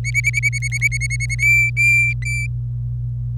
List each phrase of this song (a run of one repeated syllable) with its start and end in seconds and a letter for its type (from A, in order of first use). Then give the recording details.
0.04-1.35 A, 1.39-2.46 B. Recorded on 26 April 2018 at 12:24. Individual llb3